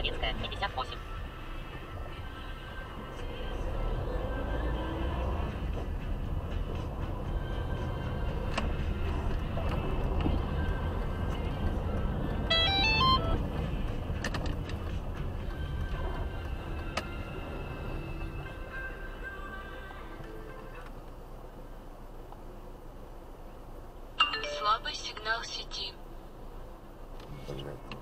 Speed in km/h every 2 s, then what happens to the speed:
4, 4, 8, 12, 14, 12, 20, 22, 15, 8, 5, 2, 0, 0.
3-7 speeds up to 14. 11-14 speeds up to 22. 14-21 slows to 2. 21-28 standing.